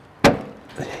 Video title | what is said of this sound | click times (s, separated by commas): How To Remove and Replace a Corner Turn Signal Light - 1999 Subaru Outback | You hear it go clunk. | 0.2 s